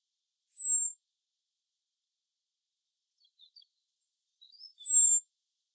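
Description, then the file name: Common blackbird calls: two long, thin, very high notes with a slight downward slide, separated by faint soft chips in near silence. "Turdus merula"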